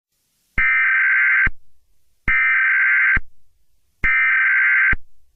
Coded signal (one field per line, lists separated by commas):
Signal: Emergency Alert System (SAME) tones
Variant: header bursts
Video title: EAS Scenario #8: The CSX Hijacking